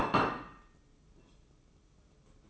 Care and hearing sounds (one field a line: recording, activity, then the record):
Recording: daily activity, microphone in the room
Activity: place plate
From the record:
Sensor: 1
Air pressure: 995.3 hPa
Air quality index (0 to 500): 28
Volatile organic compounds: 1 ppm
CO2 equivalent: 545 ppm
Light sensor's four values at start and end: 13/47/17/18 and 13/47/17/18